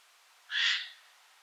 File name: Garrulus glandarius